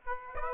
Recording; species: mosquito wingbeat signal from an infrared sensor; Aedes aegypti